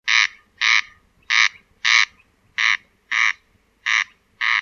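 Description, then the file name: Corn crake giving its dry, rasping two-part call, the paired crex-crex notes repeated steadily about every one and a quarter seconds, four pairs in all. Forest. "landrail"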